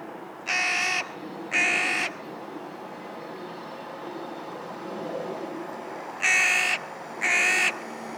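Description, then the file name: Carrion crow calling with rasping caws in two pairs, each pair about a second apart, separated by a gap of roughly four seconds. "Corvus corone - Carrion Crow"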